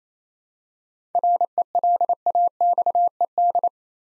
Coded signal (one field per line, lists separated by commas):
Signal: Morse code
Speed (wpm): 27 wpm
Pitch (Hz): 700 Hz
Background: none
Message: RELAXED